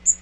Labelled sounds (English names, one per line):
Magnolia Warbler flight call